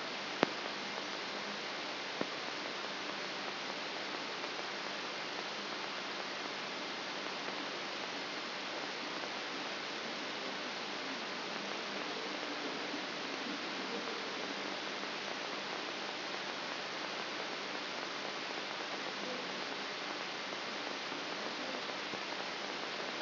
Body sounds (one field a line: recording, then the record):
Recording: brain microelectrode recording played as sound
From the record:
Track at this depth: outside the subthalamic nucleus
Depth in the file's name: 6.501 mm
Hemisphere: left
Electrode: 3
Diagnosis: Parkinson's disease